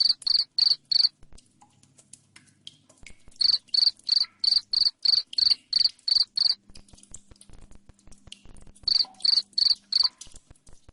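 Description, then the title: Cricket chirping in bursts: a short run, a pause, a longer run of shrill even pulses, another pause, then a final run; faint hum in gaps. Loud cricket chirping (jangkrik ngerik) played to make lovebirds sing continuously (ngekek). "Suara JANGKRIK NGERIK Keras Bikin LOVEBIRD Jadi NGEKEK Terus"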